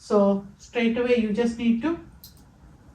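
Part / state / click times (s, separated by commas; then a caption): safety needle shield on an insulin pen needle / seated / 2.2 s. Someone talks, then, after a subcutaneous insulin injection, the needle is withdrawn and the safety needle shield on the insulin pen needle locks over it. A short, sharp click is heard at 2.2 s, confirming the shield has locked.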